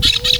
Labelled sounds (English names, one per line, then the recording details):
Brown-throated Parakeet contact call
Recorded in Venezuela
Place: Guárico; Corozopando; Fundo La Fe
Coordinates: 8.506, -67.593